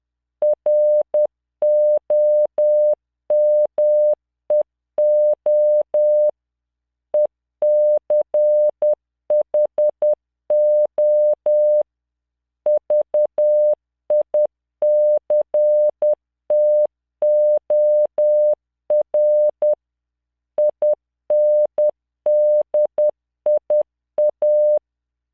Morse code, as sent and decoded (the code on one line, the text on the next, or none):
.-. --- -- . --- / . -.-. .... --- / ...- .. -.-. - --- .-. / .. -. -.. .. .-
ROMEO ECHO VICTOR INDIA